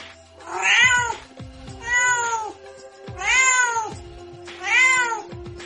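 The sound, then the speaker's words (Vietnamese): Kittens mew from inside a cage in four drawn-out, high-pitched cries, each rising and falling, repeating at a steady rhythm about a second apart with short pauses between, no voices present. “Trong lồng truyền ra tiếng kêu của mèo con, rất nhỏ và náo loạn.”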